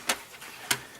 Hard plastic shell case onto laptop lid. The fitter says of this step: So you can see it snaps into place.